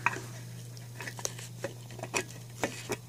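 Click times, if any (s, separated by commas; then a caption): none. Someone handles an XLR cable plug at the panel-mounted XLR socket in the metal end of a homemade can microphone, producing a few short knocks and taps near 0.1, 1.3, 2.2 and 2.6 seconds over a steady low hum. The plug has not seated or clicked into the socket yet.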